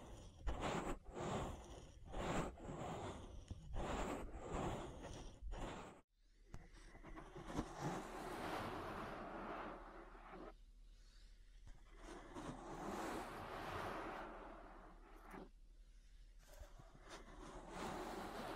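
Ear massage sounds: rhythmic rubbing strokes for the first six seconds, each a soft, hissing swell. After a brief silence, a steadier, denser rustling friction continues with a low rumble underneath, broken by short pauses around eleven and fifteen seconds.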